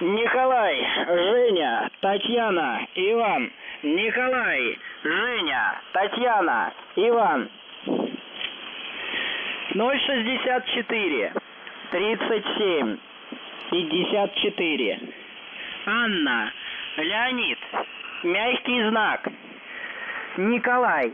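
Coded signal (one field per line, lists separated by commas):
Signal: numbers station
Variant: UVB-76, Russian voice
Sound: russian male voice reading phonetic-alphabet names and numbers over a narrow radio channel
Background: radio static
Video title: UVB-76/ The Buzzer Voice Message January 22, 2022 14:01 UTC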